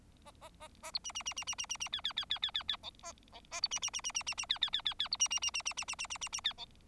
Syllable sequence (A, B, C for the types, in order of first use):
A A A A B C C C C C C C C D D D D D D D E A E A B C C C C C C C D D D D D B C C C C C C C C C C C D E